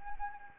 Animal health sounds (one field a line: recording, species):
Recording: mosquito wingbeat signal from an infrared sensor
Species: Anopheles gambiae